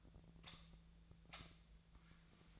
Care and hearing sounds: daily activity, microphone in the room; light off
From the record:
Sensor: 3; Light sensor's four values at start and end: 45/119/50/51 and 39/96/41/44

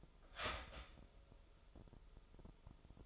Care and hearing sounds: daily activity, microphone in the room; start toaster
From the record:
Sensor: 5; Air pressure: 988.7 hPa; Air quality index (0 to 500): 231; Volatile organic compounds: 173 ppm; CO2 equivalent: 4119 ppm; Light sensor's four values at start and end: 40/124/48/51 and 40/124/48/52

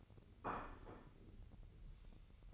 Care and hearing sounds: daily activity, microphone in the room; place plate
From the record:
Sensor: 4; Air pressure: 1008.4 hPa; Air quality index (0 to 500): 81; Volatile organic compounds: 1 ppm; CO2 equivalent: 647 ppm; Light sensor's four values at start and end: 14/33/13/13 and 14/33/13/13

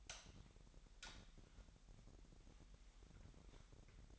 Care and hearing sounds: daily activity, microphone in the room; light on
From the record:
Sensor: 3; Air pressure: 1011.9 hPa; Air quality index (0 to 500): 232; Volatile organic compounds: 5 ppm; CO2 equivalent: 1719 ppm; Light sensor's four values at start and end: 13/30/12/13 and 15/38/16/16

